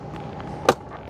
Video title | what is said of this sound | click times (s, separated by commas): Window Switch for Land Rover Discovery | and then slide them back into the spot until you hear them snap just like we're hearing them boom and | 0.7 s